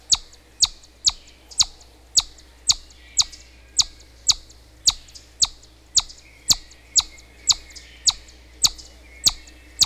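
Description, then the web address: Chipmunk repeating a bright, high chip again and again in a brisk, regular rhythm, with faint background hum. "chipmunk calling"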